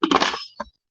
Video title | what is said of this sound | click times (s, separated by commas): A Savory Super Bowl of Chili Verde Made in the Instant Pot! | make sure it's locked into place make sure your valve here is turned on | 0.6 s